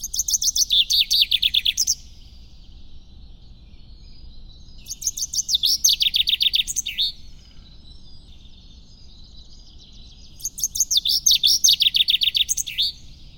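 Common chaffinch song: three rapid descending rattling phrases, each ending in a flourish, repeated about every four to five seconds over a low background hum.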